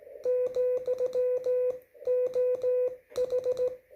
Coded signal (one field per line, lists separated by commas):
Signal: Morse code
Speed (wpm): 16 wpm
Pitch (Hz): 500 Hz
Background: none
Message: , OH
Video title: CW (MORSE CODE) SLOW SPEED QSO QRP 2021.10.26 17:51Z USA